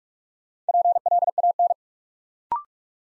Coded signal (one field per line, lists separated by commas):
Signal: Morse code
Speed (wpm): 44 wpm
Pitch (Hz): 700 Hz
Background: none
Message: PLAN